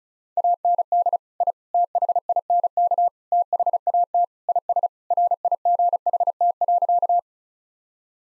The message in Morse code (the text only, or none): AND I THINK THAT IS RIGHT.